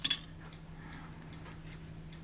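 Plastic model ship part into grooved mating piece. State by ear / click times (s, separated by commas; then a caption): not seated / none. A small plastic model-ship part is pressed so its edge will lock into a groove on another piece. Two sharp plastic taps come right at the start, followed by faint handling scrapes over a steady low hum. The part has not seated or locked into the groove yet.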